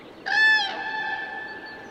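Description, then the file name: Common crane call: one loud, rich, trumpeting note, brief and strong at first, then held as a steady, flat tone for over a second against a low background hiss. "Trana"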